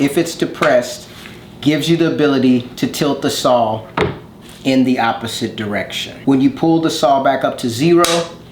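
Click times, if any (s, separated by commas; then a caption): none. Someone talks while handling a Festool Kapex KSC 60 cordless sliding miter saw: with a button depressed the saw head can tilt the opposite way, and the tilted head is being brought back up toward the 0° bevel positive stop. Only speech and light handling noise are heard. The metal bevel detent has not yet clicked into the 0° stop.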